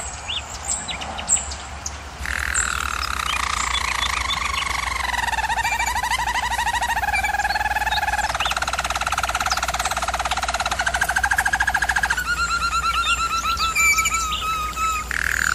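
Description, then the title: German Roller canary song opening with faint high chirps, then continuous rolling trills in several pitch steps, with a buzzy passage later on. German Roller canary singing, recording made for canary training. "German Roller Canary Singing - Canary Training Vid"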